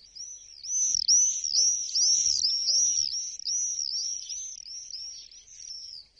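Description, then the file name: Common swift giving a continuous run of high, thin screams in quick succession for about six seconds. "mauersegler"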